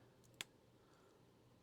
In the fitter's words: there we go she snapped into place and I just want to make sure